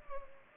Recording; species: mosquito wingbeat signal from an infrared sensor; Culex pipiens